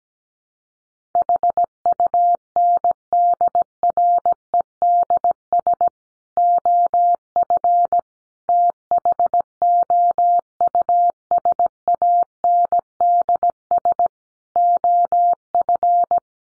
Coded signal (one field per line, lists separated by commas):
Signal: Morse code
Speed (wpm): 17 wpm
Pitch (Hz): 700 Hz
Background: none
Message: HUNDREDS OF THOUSANDS OF